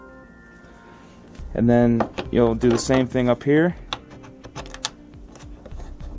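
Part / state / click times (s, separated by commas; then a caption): hood strut ball socket onto hood ball stud / not seated / none. Someone talks while pressing the upper ball socket of a gas hood strut onto the hood's ball stud mount on a 2005-2009 Ford Mustang, followed by a few short, sharp handling taps between 3.9 and 4.9 seconds. The socket has not clicked onto the stud, yet its retaining ring sits flush all around and the strut cannot be pulled off, so it is on.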